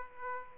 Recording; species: mosquito wingbeat signal from an infrared sensor; Aedes aegypti